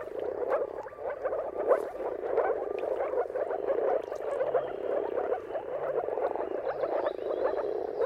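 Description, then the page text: Moor frogs giving soft, hollow bubbling calls in a steady crowded chorus, overlapping with no gaps. Moor frogs giving mating calls in a chorus at sunrise, around the turn of March and April depending on the weather. "Dawn’s Chorus: Mating Calls of Marsh Frogs at Sunrise. Depending on the weather at the turn of March and April, you can witness an amazing spectacle of moor frogs. Jakub Orzecki"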